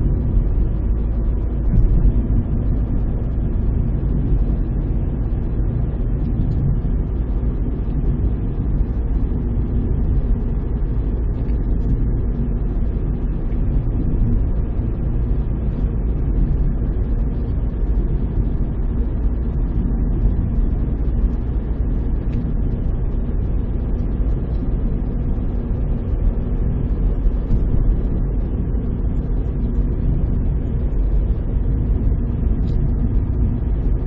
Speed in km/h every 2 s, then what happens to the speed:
38, 41, 43, 44, 45, 44, 45, 45, 45, 45, 46, 45, 46, 46, 45, 45, 45.
0-6 speeds up to 44. 6-34 steady at about 45.